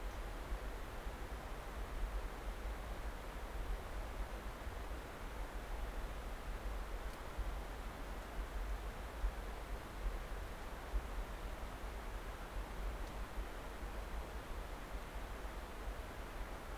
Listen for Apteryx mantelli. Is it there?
no